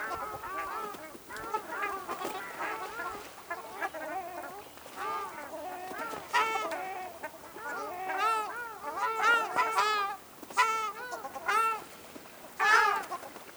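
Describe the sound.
Ruddy shelduck calls, nasal goose-like honks from a group, coming in uneven bursts with short quieter gaps.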